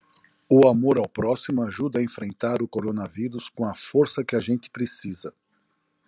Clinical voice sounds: spoken sentence; Brazilian Portuguese; male; 60 to 69 years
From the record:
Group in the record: control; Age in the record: 63 years

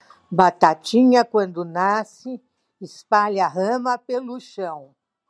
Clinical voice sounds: short text; Brazilian Portuguese; female; 70 to 79 years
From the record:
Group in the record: control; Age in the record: 71 years

